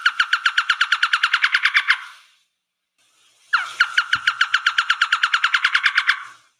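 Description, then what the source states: Black-headed Trogon call, a fast even series of many clucking notes, repeated after a short pause. Near a house in the Belize rainforest; tail waggles back and forth while calling; hearing trogons signals nesting season, with birds close by.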